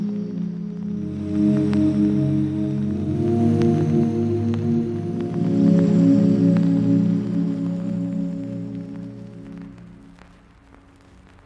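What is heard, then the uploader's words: Sparse vinyl crackle, scattered pops and ticks every second or so, sits over a low, sustained humming chord that swells slightly toward the middle. Past nine seconds the tone fades away, leaving mostly faint hiss and the odd click. The crackle of the vinyl.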